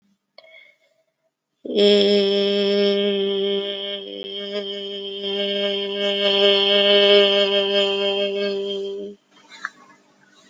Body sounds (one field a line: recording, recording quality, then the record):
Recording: sustained vowel as in made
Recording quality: excellent, no background noise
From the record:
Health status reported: respiratory illness, not identified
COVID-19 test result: negative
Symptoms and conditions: cough, cold, sore throat, fever, fatigue, muscle pain, loss of smell and taste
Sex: female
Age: 43 years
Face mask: not worn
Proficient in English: yes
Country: India